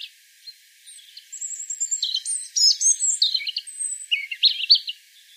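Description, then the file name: European robin delivering a dense, tumbling phrase of high whistles, sharp notes and twittering trills that shift pitch rapidly. "Erithacus rubecula"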